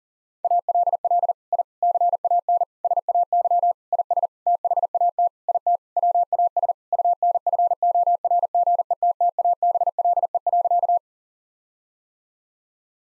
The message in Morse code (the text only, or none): ALL I CAN SAY IS THAT IT WAS UNFORGETTABLE.